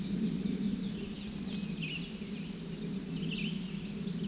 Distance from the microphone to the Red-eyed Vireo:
about 35 m